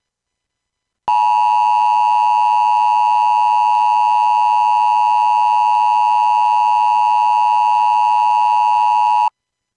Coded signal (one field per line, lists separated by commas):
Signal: Emergency Alert System (SAME) tones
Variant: 853 and 960 Hz attention tone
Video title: EAS Activation - Child Abduction Emergency - 9 July 2020 - 1:10 PM